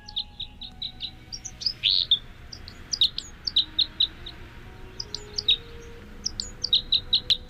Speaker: But here's a typical song and call of the red crossbill.